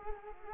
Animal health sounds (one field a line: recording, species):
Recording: mosquito wingbeat signal from an infrared sensor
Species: Culex quinquefasciatus